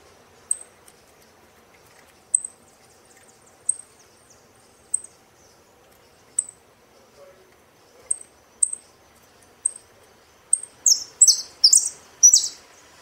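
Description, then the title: Saffron finch: lone high chips spaced a second or more apart, quickening near the end into a loud run of falling buzzy song notes. "Jilguero Argentino"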